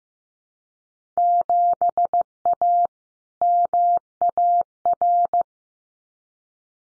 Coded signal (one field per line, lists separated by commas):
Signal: Morse code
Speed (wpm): 15 wpm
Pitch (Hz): 700 Hz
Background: none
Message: 7A MAR